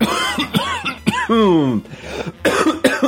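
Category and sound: human body sound, coughing fit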